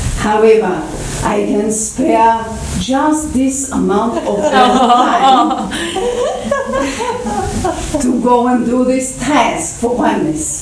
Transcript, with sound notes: however I can spare just this amount of time... (Lots of laughter) ...to go and do this task for Oneness.'